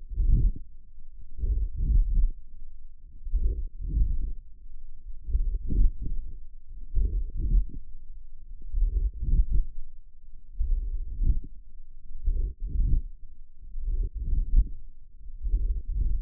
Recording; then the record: forearm muscle sounds (acoustic myography)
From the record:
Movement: wrist extension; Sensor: system 1, eight BSWA MPA416 microphones around the upper forearm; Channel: 8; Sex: female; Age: 20 years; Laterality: right